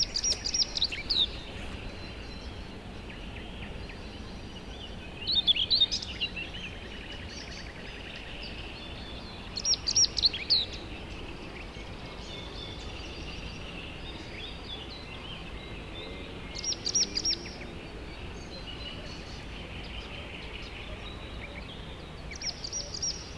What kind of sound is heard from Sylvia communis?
song